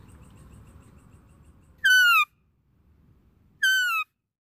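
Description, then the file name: Deer call: low rumbling noise at first, then two clear, descending whistle-like squeals under two seconds apart. "Tieng con nai keu"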